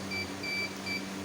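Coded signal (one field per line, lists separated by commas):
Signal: alarm pattern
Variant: Dahua DVR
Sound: three high steady beeps, short, long, short, over a low electrical hum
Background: low hum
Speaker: कि अभी हार्दिक नहीं लगी और इसलिए कि आवाज दे रहे हैं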